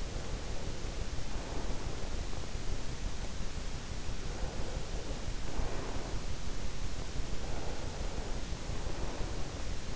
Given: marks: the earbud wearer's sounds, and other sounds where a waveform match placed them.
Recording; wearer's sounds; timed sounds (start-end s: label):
sounds in sleep by an in-ear microphone; breath
0.00-2.45 s: breath
4.32-6.28 s: breath
7.41-9.89 s: breath